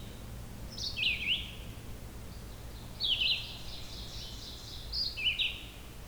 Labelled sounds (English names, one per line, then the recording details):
Red-eyed Vireo song
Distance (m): 15 m
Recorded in boreal forest in Alberta, Canada, on 16 June 2016 at 06:23
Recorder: SongMeter 3, array SBT-3-32
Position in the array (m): 44 m, 16 m